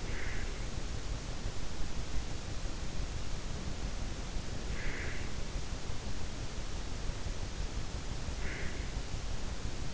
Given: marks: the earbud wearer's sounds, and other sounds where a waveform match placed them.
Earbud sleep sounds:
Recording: sounds in sleep by an in-ear microphone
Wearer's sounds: breath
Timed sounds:
0.00-0.72 s: breath
4.65-5.50 s: breath
8.28-8.92 s: breath

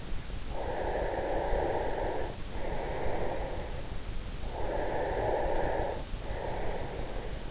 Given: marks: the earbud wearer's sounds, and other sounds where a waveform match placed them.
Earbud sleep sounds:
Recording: sounds in sleep by an in-ear microphone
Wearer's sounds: breath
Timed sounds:
0.61-7.51 s: breath

